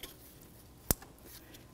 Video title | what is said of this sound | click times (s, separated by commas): How to Replace Spark Plugs 2013-2015 Chevrolet Malibu 2.5L I4 | time to reconnect the electrical connector press it until you hear a click make sure you lock it in | 0.9 s